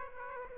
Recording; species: mosquito wingbeat signal from an infrared sensor; Aedes aegypti